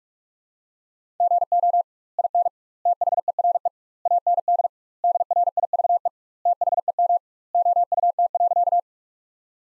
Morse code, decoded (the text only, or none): GO IN THERE AND DRIVE THEM OUT.